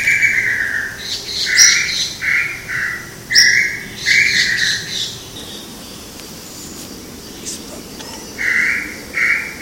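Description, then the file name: Tataupa tinamou giving a series of whistled notes, pausing midway and resuming near the end. Cantareira State Park, São Paulo, Brazil, 10 January 2015. "Crypturellus-tataupa-PECantareira SP-BR-10-1-15-ASilveira"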